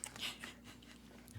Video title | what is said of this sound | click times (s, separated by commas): Apples, Maple Syrup and Spice: How We Made Hard Cider | Make sure you hear a snap cuz if you don't snap, your seal's for crap. | 0.0 s